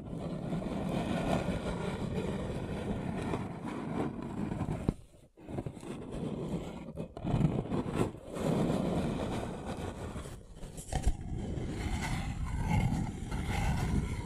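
A paper cup is handled and rubbed, making a dense, continuous crinkling and scraping with a low, rumbling body. The rubbing pauses briefly around 5 seconds and again near 7, 8 and 11 seconds, then resumes with uneven, brighter scratches toward the end.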